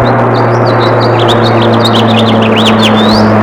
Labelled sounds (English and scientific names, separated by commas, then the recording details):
House Finch (Haemorhous mexicanus) song
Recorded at Freeport on Long Island, New York, on 28 May 2013
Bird A